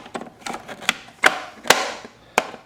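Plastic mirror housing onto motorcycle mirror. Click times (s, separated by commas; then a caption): 1.7 s, 2.4 s. A two-tab plastic mirror housing is pressed back onto a Burgman 650 scooter mirror after an LED blinker install, with handling taps and rattles first. The two tabs snap home in loud, sharp clicks at 1.7 s and 2.4 s, and the housing is seated back in place.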